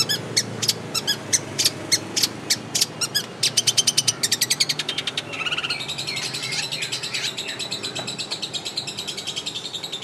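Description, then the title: Long-tailed shrike song: evenly spaced sharp ticks speeding into a rapid stutter, then a steady buzzy rattle with scratchy chatter. Champion singing bird. "Kicau Burung Cendet Juara"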